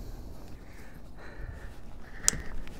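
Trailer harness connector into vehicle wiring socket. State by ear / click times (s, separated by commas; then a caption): seated / 2.3 s. A trailer harness connector is plugged into the vehicle wiring socket of a 2012–2015 Honda Pilot during an OE trailer harness install. Against a quiet, muffled background, a single sharp click sounds at 2.3 s, and the connector seats home.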